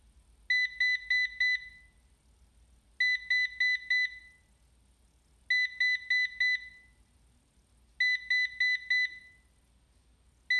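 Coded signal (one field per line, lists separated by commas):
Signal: beep code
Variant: Ecovacs DEEBOT robot vacuum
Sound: four quick high beeps, pause, repeated about four times, then a fifth group starts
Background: low hum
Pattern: 4 short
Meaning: The vacuum is signalling an error after docking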